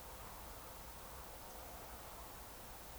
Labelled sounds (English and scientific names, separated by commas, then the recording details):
Eurasian Woodcock (Scolopax rusticola) whistle
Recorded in Baden-Württemberg, Germany, on 29 June 2020 at 02:30 UTC
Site 43791, 788 m above sea level